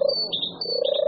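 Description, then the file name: European turtle dove purring: a brief, low, throbbing phrase overlapped by higher whistled chirps from another bird. "Hrdlička-divoká"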